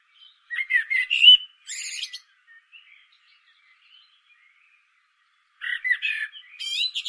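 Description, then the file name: Common blackbird singing a mellow warbled phrase topped by a thin, high squeaky flourish, a pause of several seconds, then another warbling phrase with high twitters. "Turdus merula"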